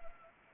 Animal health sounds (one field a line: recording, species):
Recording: mosquito wingbeat signal from an infrared sensor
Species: Anopheles arabiensis